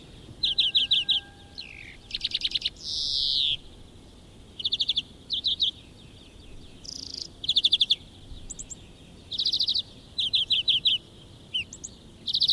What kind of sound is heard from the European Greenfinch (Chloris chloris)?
song